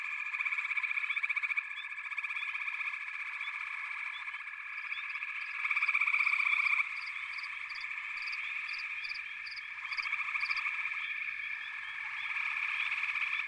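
Frogs calling in a dense chorus, a continuous high trilling band with pulsed bursts swelling louder around six seconds and again near ten seconds.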